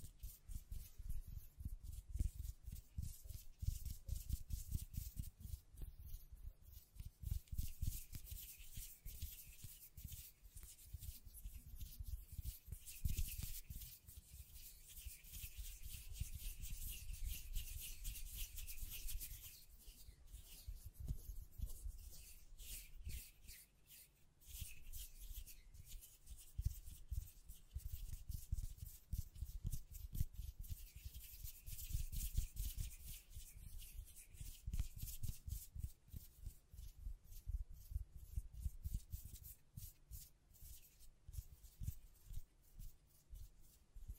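Dense, continuous scratching and rubbing against the mic with quick tapping strokes, thumping lows and hissy highs, swelling and easing throughout.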